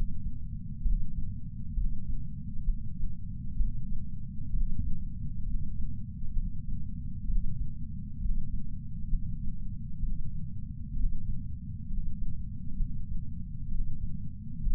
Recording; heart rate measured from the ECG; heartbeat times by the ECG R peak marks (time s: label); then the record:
heart sounds by patch sensor on the chest; 65 bpm
0.83 s: heartbeat
1.74 s: heartbeat
2.65 s: heartbeat
3.57 s: heartbeat
4.51 s: heartbeat
5.44 s: heartbeat
6.34 s: heartbeat
7.26 s: heartbeat
8.19 s: heartbeat
9.10 s: heartbeat
10.00 s: heartbeat
10.94 s: heartbeat
11.87 s: heartbeat
12.77 s: heartbeat
13.69 s: heartbeat
14.60 s: heartbeat
From the record:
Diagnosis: coronary artery disease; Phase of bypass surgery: preoperative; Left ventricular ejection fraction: 43.1%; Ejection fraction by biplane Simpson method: 44.4%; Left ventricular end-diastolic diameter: 60 mm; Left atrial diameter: 37 mm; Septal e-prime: 5.3 cm/s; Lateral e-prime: 8.1 cm/s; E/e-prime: 7.6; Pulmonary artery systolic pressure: 20 mmHg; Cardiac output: 4.08 L/min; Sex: male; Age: 57 years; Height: 183 cm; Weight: 85 kg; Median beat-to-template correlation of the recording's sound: 0.82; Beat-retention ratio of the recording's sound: 0.97